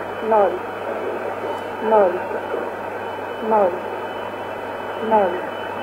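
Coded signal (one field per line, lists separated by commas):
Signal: numbers station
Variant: S06s, Russian female voice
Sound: four short spoken words, evenly spaced about 1.5 seconds apart, over hiss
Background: radio static, heterodyne whistle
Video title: 14 04 2020 S06s Russian Lady numbers station in Russian to Eu 1514 on 7242 unknown tx site USB+AM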